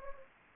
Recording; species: mosquito wingbeat signal from an infrared sensor; Anopheles gambiae